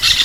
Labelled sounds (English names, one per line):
Brown-throated Parakeet contact call